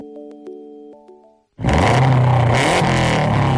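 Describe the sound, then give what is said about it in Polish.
A few short electronic tones give way to the sudden, loud roar of the 280-horsepower engine of Kajetan Kajetanowicz's rally car being revved hard, a gritty, sustained blare that holds steady to the end. “Tak brzmi 280 koni mocy samochodu rajdowego Kajetana Kajetanowicza, dwukrotnego mistrza Europy.”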